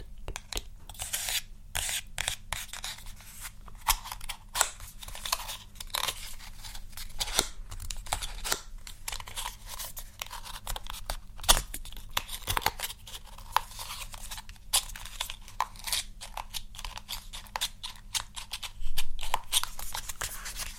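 ASMR makeup triggers: a steady stream of crisp, crackly clicks and scratchy snips that fire rapidly and unevenly for the whole stretch, bright and dry. A low, even hum sits underneath throughout, and a slightly louder flurry of clicks comes near the end.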